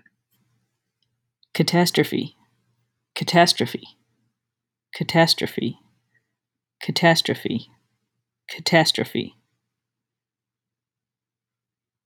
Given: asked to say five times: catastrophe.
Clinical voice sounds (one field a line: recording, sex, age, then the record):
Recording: repeated word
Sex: female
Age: 40 to 49 years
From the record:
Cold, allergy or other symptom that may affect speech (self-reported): no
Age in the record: 43 years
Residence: California, United States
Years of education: 14